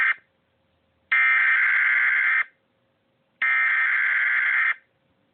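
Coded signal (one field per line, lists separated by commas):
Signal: Emergency Alert System (SAME) tones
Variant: header bursts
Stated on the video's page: Fictional mock EAS scenario alert, screen-recorded.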